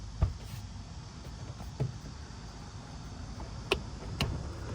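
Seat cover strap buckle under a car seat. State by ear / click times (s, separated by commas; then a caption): seated / 3.7 s, 4.2 s. Plastic strap buckles of an OTOEZ custom-fit seat cover are fastened under the seat of a 2010-2013 Acura ZDX. After softer thumps near 0.2 and 1.8 seconds against a low rumble, two sharp clicks sound at 3.7 and 4.2 seconds. The buckle clicks into place, so the straps sit secure.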